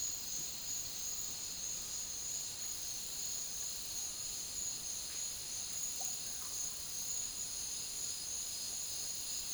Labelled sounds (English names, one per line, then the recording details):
none
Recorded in secondary vegetation near Puerto Asís, Putumayo, Colombia, on 12 March 2025 at 11:00
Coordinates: 0.489, -76.322
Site G042